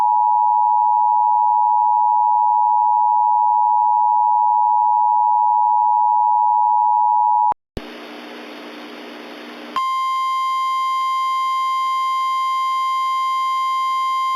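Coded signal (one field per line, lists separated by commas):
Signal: Emergency Alert System (SAME) tones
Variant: 853 and 960 Hz attention tone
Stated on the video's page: Simulated train derailment alert made with a macro combo.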